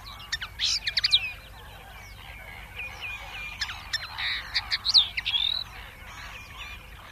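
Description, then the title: Common linnet twittering song: quick chirps in bursts, with pauses between phrases. "Hemppo"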